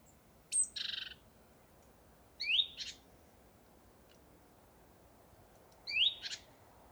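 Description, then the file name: Great tit calls: a high note with a buzzy churr, then twice a downslurred note followed by a click-like note, several seconds apart. "Parus major"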